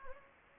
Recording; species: mosquito wingbeat signal from an infrared sensor; Anopheles gambiae